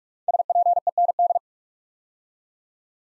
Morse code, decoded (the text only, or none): SPEND